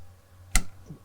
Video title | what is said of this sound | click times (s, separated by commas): How To Install Fleece Under Bed Fuel Filter: 6.7L Powerstroke #powerstroke #diesel #fordtruck #howto | push till it clicks | 0.6 s